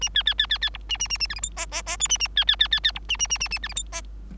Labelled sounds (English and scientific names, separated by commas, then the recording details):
Bengalese Finch (Lonchura striata domestica) song
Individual Bird3